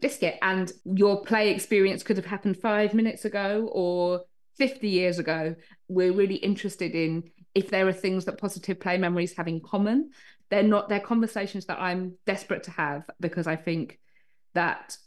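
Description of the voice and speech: Adult woman with Tourette's syndrome speaking, with a vocal tic: the word 'biscuit' interjected involuntarily at the start of her speech. Her tics are uncontrollable movements and noises, including the words 'biscuit' and 'hedgehog' and a motor tic of banging her chest.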